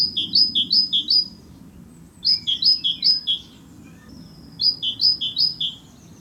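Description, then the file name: Great tit territorial song, loud ringing two-part notes in three runs of about four repeats each, with brief pauses between runs and soft low noise beneath. "canto territoriale cinciallegra parus major great tit carbonero comun"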